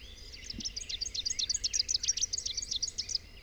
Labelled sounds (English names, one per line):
Rufous-capped Warbler song